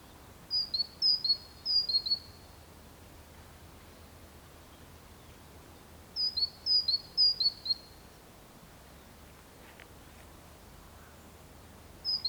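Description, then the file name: Great tit: thin, high paired notes repeated in short series of three or four, two full bursts a few seconds apart and the start of a third at the end, over steady hiss. "Parus major"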